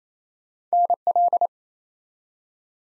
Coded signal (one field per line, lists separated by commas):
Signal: Morse code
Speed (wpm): 28 wpm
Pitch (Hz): 700 Hz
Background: none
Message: NL